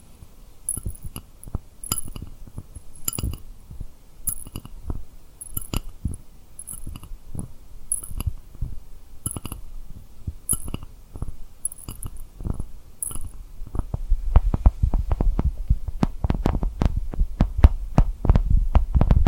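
Tapping and rubbing on a rhinestone-covered surface, heard as quick irregular taps with thuddy low weight. For the first thirteen seconds each tap carries a bright glittery tick; after that the tapping grows denser and louder, with softer scratchy rubbing between hits.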